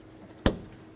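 A wiring harness retainer clip is pressed into the inner door panel of a 1998-2002 Honda Accord during a side mirror replacement. A single sharp, broadband snap sounds at 0.5 s against a quiet background, and the retainer is latched and seated in the door.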